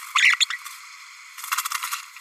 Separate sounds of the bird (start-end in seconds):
0.14-0.36, 0.40-0.46, 0.50-0.57